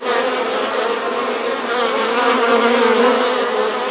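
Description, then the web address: Bees buzzing in a dense, continuous hum, steady and unbroken throughout with slight swells in loudness. Hidden bees. "caracalla thesis hidden bees"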